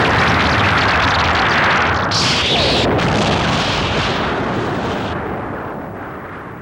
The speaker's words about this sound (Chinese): 我们离开这里远一点，快要爆炸了，快跑啊！